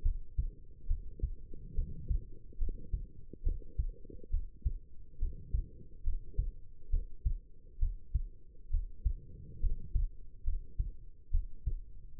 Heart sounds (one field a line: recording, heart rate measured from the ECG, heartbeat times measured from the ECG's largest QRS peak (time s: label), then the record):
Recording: heart sounds by stethoscope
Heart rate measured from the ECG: 69 bpm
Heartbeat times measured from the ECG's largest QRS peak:
0.02 s: heartbeat
0.86 s: heartbeat
1.74 s: heartbeat
2.57 s: heartbeat
3.43 s: heartbeat
4.30 s: heartbeat
5.18 s: heartbeat
6.03 s: heartbeat
6.89 s: heartbeat
7.78 s: heartbeat
8.70 s: heartbeat
9.59 s: heartbeat
10.43 s: heartbeat
11.30 s: heartbeat
12.17 s: heartbeat
From the record:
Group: healthy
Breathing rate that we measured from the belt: 16 breaths a minute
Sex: female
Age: 22 years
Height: 171 cm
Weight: 65.6 kg